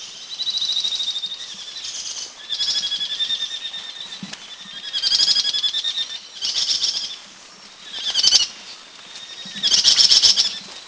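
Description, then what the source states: Grey-cheeked fulvetta calls, bursts of high, thin trilled and buzzy notes repeated in short phrases every second or two. Northern Thailand.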